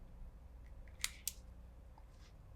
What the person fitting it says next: so you hear it snaps into place